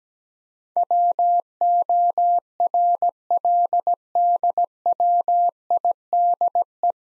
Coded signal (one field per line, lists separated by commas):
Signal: Morse code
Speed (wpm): 17 wpm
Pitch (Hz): 700 Hz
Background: none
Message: WORLDWIDE